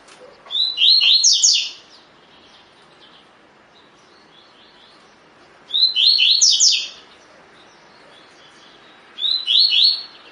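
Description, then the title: Double-collared seedeater repeating brisk phrases of high, slurred twittering notes every few seconds, with faint softer notes between them. Song style called tui tui; bird described as fibra (spirited). "COLEIRO DE GOLA TUI TUI FIBRA"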